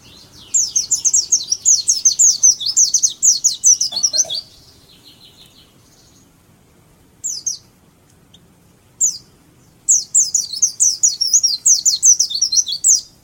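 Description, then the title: White-eye singing fast, high-pitched twittering phrases, a long quiet gap with two isolated chips, then another vigorous chattering run. Dakun-type white-eye from Malang, singing in the fast ngalas style. "Pleci dakun malang ngalas speed (Semut Merah)"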